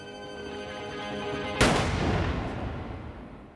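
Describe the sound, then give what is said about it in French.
A steady, humming tonal drone is suddenly broken by one loud shot from a previously unused revolver, heard by neighbours in Grosboul-les-Bains on a Thursday morning: a sharp cracking blast that trails off into a long, rumbling decay. “Les voisins ont entendu les coups de feu, bien sûr”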